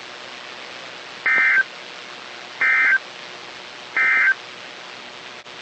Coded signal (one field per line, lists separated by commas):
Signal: Emergency Alert System (SAME) tones